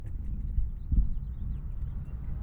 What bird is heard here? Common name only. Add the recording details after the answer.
House Finch. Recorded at Wantagh on Long Island, New York, on 21 May 1975. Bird G